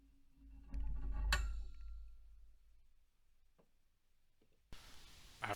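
The first metal grip ring of a Centergenics ECS-OTC over-the-coupling spinning centralizer is snapped onto 5-1/2 inch steel casing, about three inches from where the centralizer will sit, with its wide end facing away. Low handling rumble builds from about 0.7 s into a sharp metallic snap with a brief ringing tone at 1.3 s, seating the ring. After a quiet stretch, a broad hiss starts at about 4.7 s and another sharp hit comes near the end.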